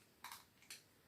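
The middle button on a small retractable tape measure is pressed, releasing the blade lock, and the tape snaps back into its plastic case. Two sharp clicks are heard at 0.2 s and 0.7 s. The lock releases and the tape retracts all the way back in.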